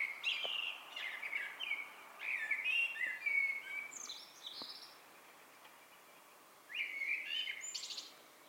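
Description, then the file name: Eurasian blackbird song with a long run of rich warbling notes rising into scratchy high flourishes, then a pause and a shorter fluted phrase. "Turdus merula"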